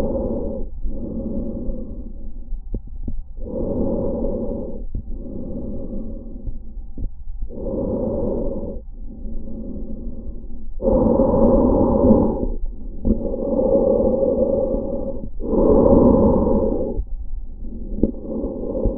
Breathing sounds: lung sounds by stethoscope; trachea; quiet breathing, then deep breathing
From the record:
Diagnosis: interstitial lung disease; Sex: male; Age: 66 years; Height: 164 cm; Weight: 76.2 kg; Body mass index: 28.3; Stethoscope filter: diaphragm mode

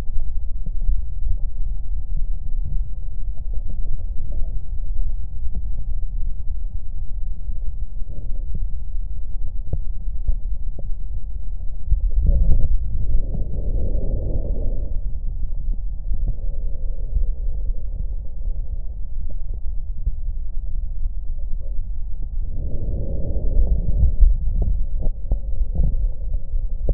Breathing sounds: lung sounds by stethoscope; left posterior basal chest; quiet breathing, then deep breathing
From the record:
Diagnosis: none (healthy); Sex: male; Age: 35 years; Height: 186 cm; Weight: 108 kg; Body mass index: 31.2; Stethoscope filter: extended mode

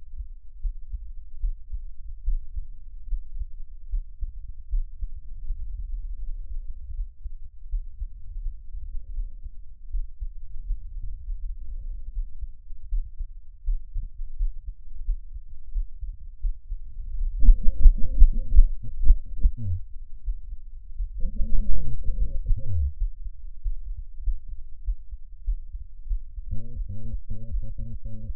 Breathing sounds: lung sounds by stethoscope; trachea; quiet breathing, then cough and speech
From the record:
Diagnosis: none (healthy); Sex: male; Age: 45 years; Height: 173 cm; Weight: 92 kg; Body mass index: 30.7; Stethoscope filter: bell mode

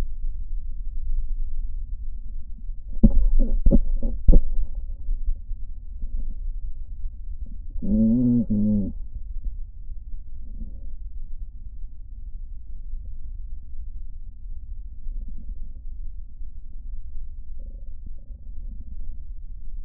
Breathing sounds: lung sounds by stethoscope; right posterior basal chest; quiet breathing, then cough and speech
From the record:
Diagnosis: COPD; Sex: male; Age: 81 years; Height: 166 cm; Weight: 98.7 kg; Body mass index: 35.8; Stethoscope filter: diaphragm mode

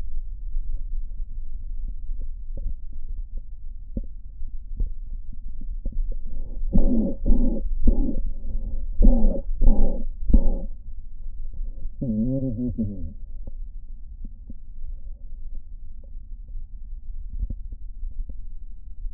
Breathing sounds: lung sounds by stethoscope; left posterior basal chest; quiet breathing, then cough and speech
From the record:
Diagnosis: COPD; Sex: male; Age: 77 years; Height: 172 cm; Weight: 94 kg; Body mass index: 31.8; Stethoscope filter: diaphragm mode

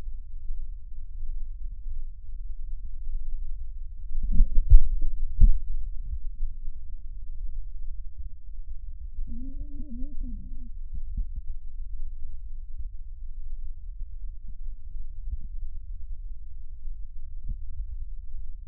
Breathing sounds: lung sounds by stethoscope; right posterior basal chest; quiet breathing, then cough and speech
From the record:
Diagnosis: interstitial lung disease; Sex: female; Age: 61 years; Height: 155 cm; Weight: 75.5 kg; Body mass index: 31.4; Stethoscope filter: bell mode

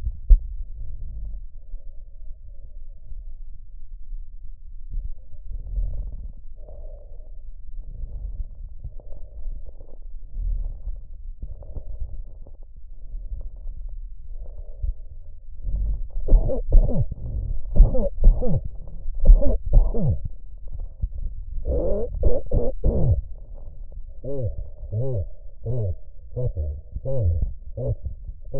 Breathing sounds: lung sounds by stethoscope; trachea; quiet breathing, then cough and speech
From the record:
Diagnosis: COPD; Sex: male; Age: 70 years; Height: 170 cm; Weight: 74 kg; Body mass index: 25.6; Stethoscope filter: extended mode

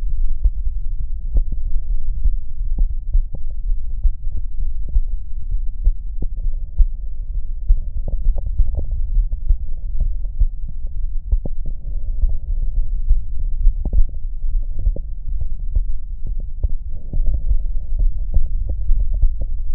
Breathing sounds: lung sounds by stethoscope; left anterior apical chest; quiet breathing, then deep breathing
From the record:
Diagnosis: COPD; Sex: male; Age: 57 years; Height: 165 cm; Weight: 85.7 kg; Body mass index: 31.5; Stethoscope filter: extended mode

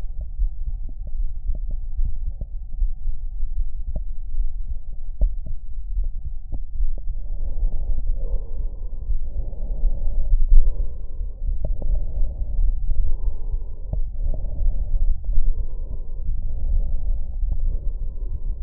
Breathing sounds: lung sounds by stethoscope; right anterior apical chest; quiet breathing, then deep breathing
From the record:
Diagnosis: COPD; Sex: male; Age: 59 years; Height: 175 cm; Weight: 73 kg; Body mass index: 23.8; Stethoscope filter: extended mode

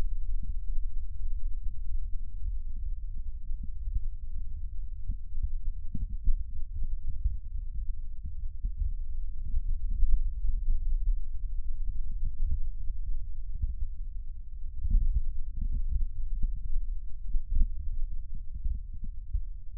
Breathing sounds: lung sounds by stethoscope; right posterior basal chest; quiet breathing, then deep breathing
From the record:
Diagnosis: interstitial lung disease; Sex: male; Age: 66 years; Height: 172 cm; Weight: 107.6 kg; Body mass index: 36.4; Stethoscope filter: bell mode

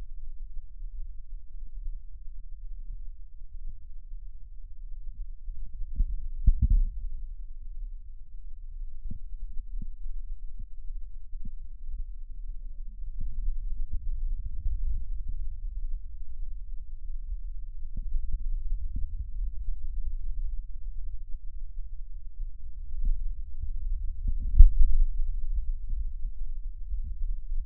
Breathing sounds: lung sounds by stethoscope; right posterior basal chest; quiet breathing, then deep breathing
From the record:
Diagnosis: pulmonary infection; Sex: male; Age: 74 years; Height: 171 cm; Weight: 80 kg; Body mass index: 27.4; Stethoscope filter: bell mode

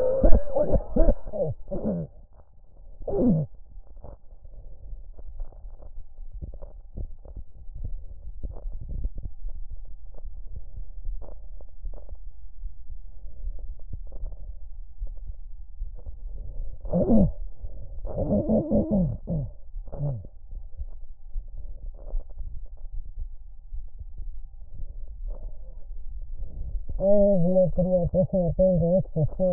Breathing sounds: lung sounds by stethoscope; left posterior basal chest; quiet breathing, then cough and speech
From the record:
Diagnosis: pulmonary infection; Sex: female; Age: 74 years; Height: 160 cm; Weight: 66 kg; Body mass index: 25.8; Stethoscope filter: extended mode

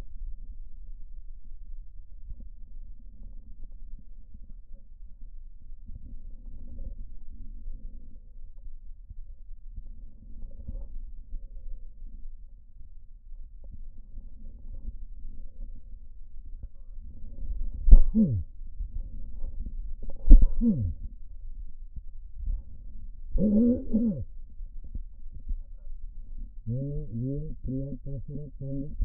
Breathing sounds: lung sounds by stethoscope; left posterior apical chest; quiet breathing, then cough and speech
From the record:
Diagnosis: pulmonary infection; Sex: male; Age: 54 years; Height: 187 cm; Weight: 95 kg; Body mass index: 27.2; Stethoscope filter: diaphragm mode

